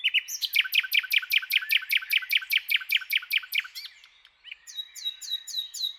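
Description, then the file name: Common nightingale song: a long run of loud, rapid repeated notes, then a pause and a new phrase of repeated whistled notes. "Luscinia megarhynchos"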